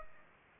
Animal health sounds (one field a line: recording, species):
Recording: mosquito wingbeat signal from an infrared sensor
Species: Anopheles gambiae